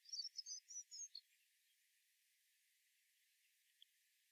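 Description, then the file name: Eurasian blue tit: a quick run of several high, thin, slightly scratchy notes over just over a second, then near silence with one faint tick. "Cyanistes caeruleus"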